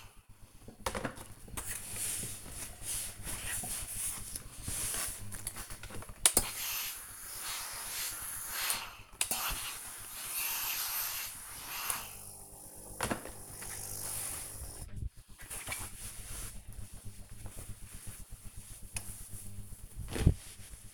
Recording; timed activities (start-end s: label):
household activities, microphone on the right wrist
0.00-20.94 s: ironing laundry